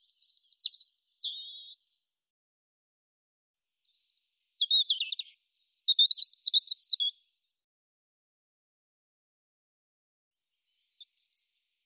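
European robin song: thin, high warbling phrases of varied trills and whistles, delivered in separate bursts with pauses of several seconds between them.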